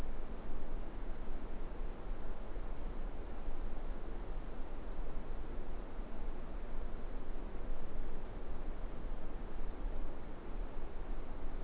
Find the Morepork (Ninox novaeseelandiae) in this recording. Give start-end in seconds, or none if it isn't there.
none